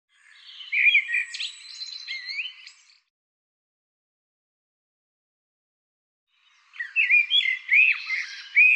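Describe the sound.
Bird song: two phrases of rising and falling whistled slurs with some buzzy notes, separated by a long quiet gap.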